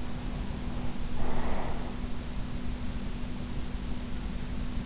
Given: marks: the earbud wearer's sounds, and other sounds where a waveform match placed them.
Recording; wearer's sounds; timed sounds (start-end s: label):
sounds in sleep by an in-ear microphone; breath
0.70-2.44 s: breath